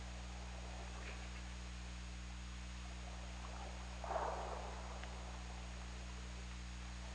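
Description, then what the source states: Killer whale giving a single short, hazy mid-range call midway through, against steady hiss and deep hum. OrcaLab hydrophone, 17 February 2018 at 22:54.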